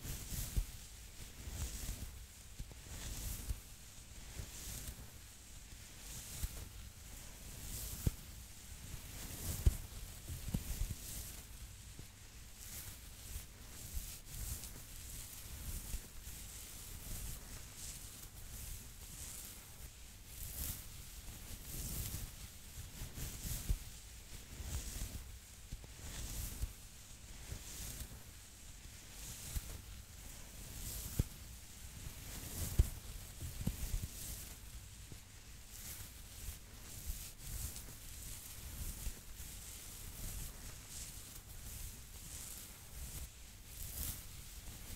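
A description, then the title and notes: Steady grooming sounds from a shave and haircut, with short scraping strokes repeating roughly every second or so across the whole stretch. Each stroke has a crisp, hissy edge over a soft low rumble, and no voices stand out. ASMR Men's Grooming Service Roleplay (Shave, Haircut & Scalp Massage).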